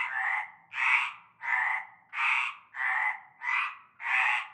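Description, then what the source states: Frogs croaking in chorus, loud rasping croaks repeated about every two-thirds of a second in a steady rhythm, no other sounds. Chorus of frogs at nightfall in a large concrete basin with stagnant greenish water, Avenue Cante Coucou, Groupède, La Ciotat, Bouches-du-Rhône, France.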